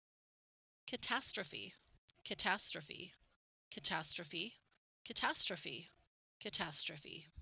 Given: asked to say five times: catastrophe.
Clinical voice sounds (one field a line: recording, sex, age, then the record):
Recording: repeated word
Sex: female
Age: 40 to 49 years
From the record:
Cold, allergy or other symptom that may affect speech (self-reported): no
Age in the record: 44 years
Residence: Idaho, United States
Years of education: 16